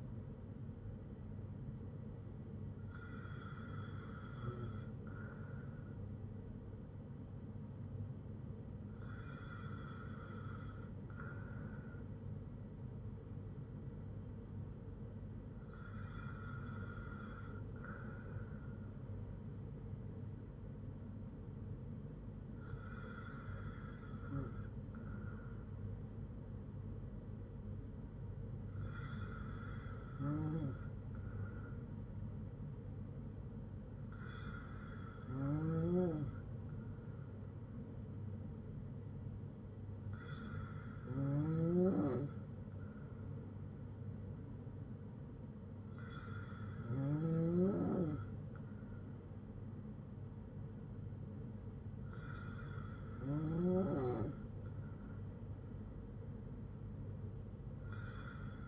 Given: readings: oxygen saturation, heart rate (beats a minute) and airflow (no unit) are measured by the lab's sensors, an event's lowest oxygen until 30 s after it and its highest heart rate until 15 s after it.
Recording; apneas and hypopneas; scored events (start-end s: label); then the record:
breathing in sleep by a smartphone at the bedside; none
none scored
From the record:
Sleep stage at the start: N2 (light sleep); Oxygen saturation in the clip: 94 to 95%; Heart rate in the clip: 56 to 59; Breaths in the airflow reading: 9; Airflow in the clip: -4.9 to 3.6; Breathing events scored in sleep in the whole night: 182 in 7.4 hours asleep